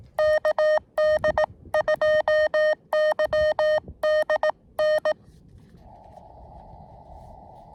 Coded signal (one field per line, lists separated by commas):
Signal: Morse code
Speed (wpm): 18 wpm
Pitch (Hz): 620 Hz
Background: none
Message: KD2YDN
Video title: KD2YDN activating W2/GC-010 Summits On The Air QRP (SOTA) & K-5108 Parks On The Air (POTA)